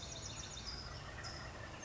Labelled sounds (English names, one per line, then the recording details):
California Towhee
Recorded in Sonoma County, California